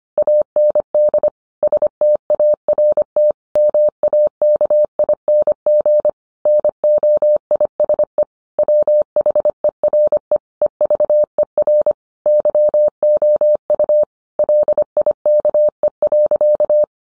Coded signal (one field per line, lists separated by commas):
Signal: Morse code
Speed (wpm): 25 wpm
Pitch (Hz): 600 Hz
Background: none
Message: AND START MAKING NOISE WHERE EVER YOU LIKE.